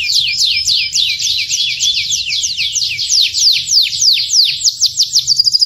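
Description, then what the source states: Canary singing a fast series of sweeping downslurred whistles, accelerating at the end into a quick rattle, over a faint low background hum. Song style called kalitan, gaya gela gelo.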